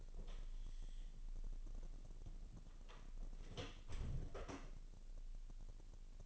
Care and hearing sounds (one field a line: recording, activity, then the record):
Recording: daily activity, microphone in the room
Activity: close door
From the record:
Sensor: 4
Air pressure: 1002.0 hPa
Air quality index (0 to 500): 248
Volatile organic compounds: 41 ppm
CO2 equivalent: 3168 ppm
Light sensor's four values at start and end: 9/20/8/7 and 9/21/8/7